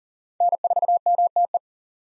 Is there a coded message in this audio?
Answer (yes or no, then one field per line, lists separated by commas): yes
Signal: Morse code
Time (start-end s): 0.4-1.6 s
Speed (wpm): 40 wpm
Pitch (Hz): 700 Hz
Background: none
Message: N4MTE